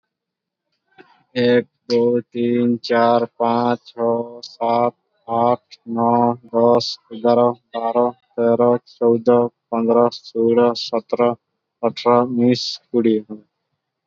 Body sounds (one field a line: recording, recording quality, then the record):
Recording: counting at a normal pace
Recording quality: excellent, no background noise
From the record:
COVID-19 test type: RT-PCR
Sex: male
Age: 18 years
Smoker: no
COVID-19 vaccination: both doses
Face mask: worn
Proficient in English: yes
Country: India